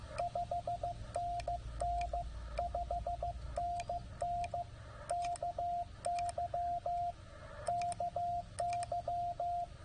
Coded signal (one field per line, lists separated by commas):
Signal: Morse code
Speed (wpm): 15 wpm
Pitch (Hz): 700 Hz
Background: radio noise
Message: 5NN 5NN KY KY